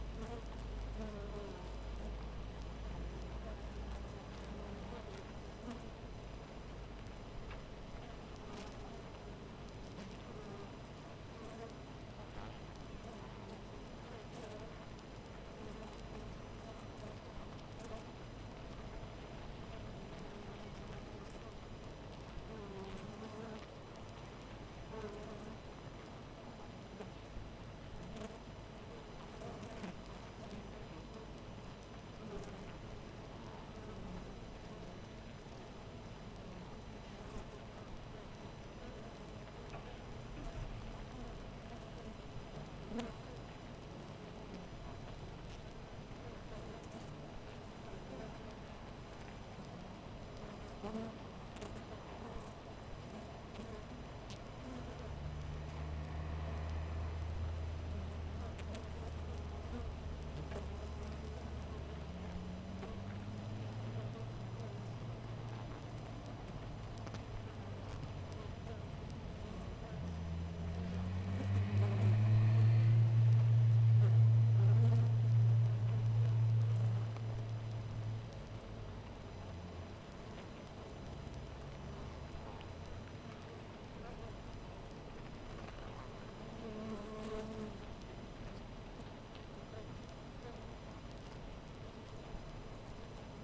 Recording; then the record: honeybee colony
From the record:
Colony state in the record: missing queen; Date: 14 July 2017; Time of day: 5:00